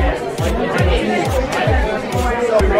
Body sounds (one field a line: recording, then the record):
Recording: background sound without coughing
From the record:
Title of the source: Nightlife Party Simulating Party Club Noise 1 Hour